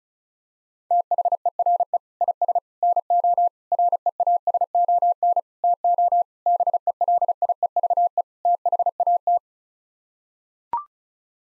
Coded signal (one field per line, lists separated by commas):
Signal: Morse code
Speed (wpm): 34 wpm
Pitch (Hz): 700 Hz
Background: none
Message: THERE IS NO REASON TO BELIEVE THAT